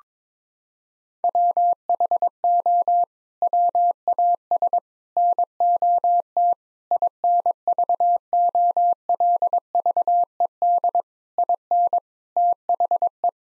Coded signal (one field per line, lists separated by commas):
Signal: Morse code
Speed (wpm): 22 wpm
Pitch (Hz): 700 Hz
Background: none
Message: WHO WAS NOT INVOLVED IN THE